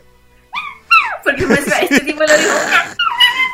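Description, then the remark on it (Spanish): A person imitates a puppy with high, sliding whimpers and short yips, then a burst of strained, noisy vocalizing before a final thin whine, all fairly loud. “Oye, tenés tu carrera de sello de perrito ahí hecho.”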